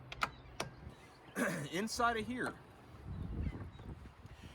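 On the bow of a new Cobia 280DC boat, the tab on the back of the folding navigation light mast is flipped, and the latch releases so the light springs up into position. Sharp clicks land at 0.1 s and 0.2 s, followed by another short hit at 0.6 s. Someone then talks.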